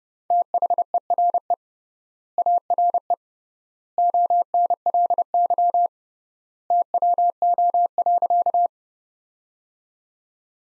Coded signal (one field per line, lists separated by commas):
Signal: Morse code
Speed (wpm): 30 wpm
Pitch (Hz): 700 Hz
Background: none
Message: THERE ARE ONLY TWO.